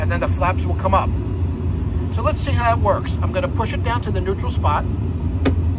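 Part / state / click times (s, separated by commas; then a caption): emergency flap plunger into its neutral detent on the cockpit panel / seated / 5.5 s. Someone talks over a steady low hum while the emergency flap plunger on the copilot side of the cockpit panel is pushed down into its neutral position. A short, sharp click sounds at 5.5 s as it seats into the neutral detent.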